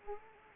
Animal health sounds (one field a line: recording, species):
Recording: mosquito wingbeat signal from an infrared sensor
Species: Anopheles arabiensis